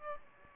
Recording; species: mosquito wingbeat signal from an infrared sensor; Aedes aegypti